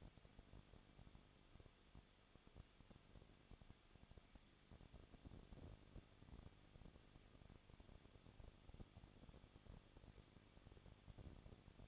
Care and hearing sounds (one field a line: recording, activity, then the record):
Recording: daily activity, microphone in the room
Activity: no activity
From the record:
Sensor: 4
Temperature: 23.0 degrees Celsius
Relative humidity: 34.2%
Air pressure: 1007.3 hPa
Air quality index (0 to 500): 216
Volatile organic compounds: 15 ppm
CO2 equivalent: 2506 ppm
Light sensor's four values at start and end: 2/3/1/1 and 2/3/1/1